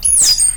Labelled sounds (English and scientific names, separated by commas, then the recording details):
Stitchbird (Notiomystis cincta) song
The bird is a male
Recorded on Tiritiri Matangi Island, New Zealand, in 2005
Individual 12, of nest box 16